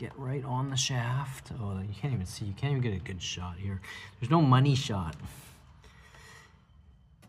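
A fuel line quick-connect fitting is being handled at the engine's fuel rail while someone talks. The line has not yet been pushed home and nothing has seated or clicked, with only faint low-level noise near the end.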